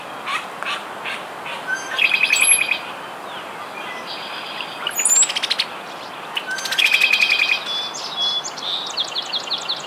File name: Molothrus ater - Brown-headed Cowbird